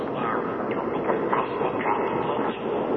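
A moving train rumbles steadily along the rails, its broad, dense roar carrying faint rhythmic clatter and brief metallic rattles throughout, with no voices.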